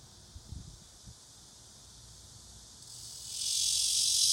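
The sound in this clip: Cicada buzzing faintly at a high pitch with some low rustling, then surging abruptly into a loud high buzz over the final second.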